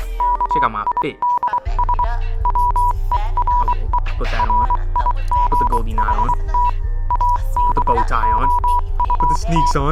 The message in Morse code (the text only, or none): KIDS WERE RIGHT ABOUT